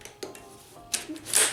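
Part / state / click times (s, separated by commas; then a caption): backrest/armrest tube into shower chair frame / not seated / none. A backrest or armrest tube is handled against the frame of a Jobri orthopedic shower chair (bath bench with back and arms), making a few light knocks and scrapes around 0.2, 0.9 and 1.4 seconds. The clip ends before the tube goes home; nothing has seated or clicked yet.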